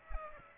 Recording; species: mosquito wingbeat signal from an infrared sensor; Aedes aegypti